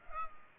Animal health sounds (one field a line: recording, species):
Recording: mosquito wingbeat signal from an infrared sensor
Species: Culex pipiens